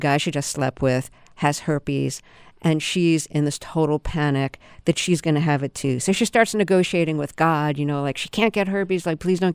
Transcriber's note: none